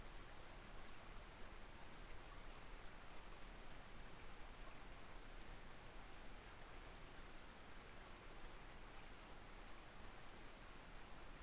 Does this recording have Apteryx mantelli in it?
no